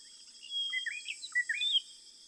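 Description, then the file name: White-browed robin-chat giving a quick sequence of sweeping, slurred whistles in a brief phrase, with a persistent shrill insect-like drone behind. "White browed Robin Chat Cossypha heuglini"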